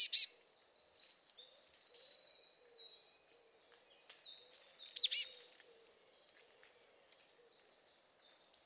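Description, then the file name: Marsh tit calls: sharp, high chirped notes, a burst at the start and a doubled call near five seconds, with faint twittering in between. "Poecile palustris"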